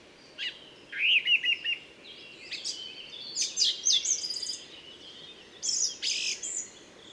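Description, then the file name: Song thrush singing loud, varied phrases of clear whistles and sharper notes, including a quick run of repeated notes, separated by short pauses, over a faint steady background hiss. Recorded at Moos, Deggendorf, on 30 June 2013. "Singdrossel 30 06 2013 Moos DEG Michle Peron"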